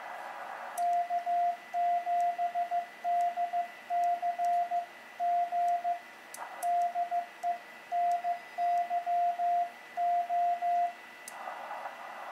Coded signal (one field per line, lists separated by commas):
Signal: Morse code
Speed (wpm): 15 wpm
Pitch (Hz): 700 Hz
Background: radio noise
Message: K7DCG DE NYO